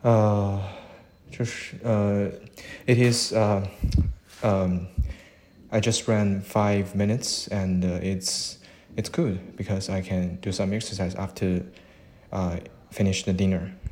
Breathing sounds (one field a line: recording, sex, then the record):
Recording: free speech after running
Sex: male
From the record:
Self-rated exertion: moderate exertion (3 of 6)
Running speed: 6 miles an hour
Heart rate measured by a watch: 92 beats a minute at the start, 97 at the end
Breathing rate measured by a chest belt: 19 breaths a minute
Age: 29 years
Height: 172 cm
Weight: 70 kg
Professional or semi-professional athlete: no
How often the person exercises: 1 to 2 times a week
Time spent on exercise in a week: 3 to 4 hours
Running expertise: no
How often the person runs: 1 to 2 times a week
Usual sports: weight training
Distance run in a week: 20 km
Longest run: 21 km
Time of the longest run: 120 minutes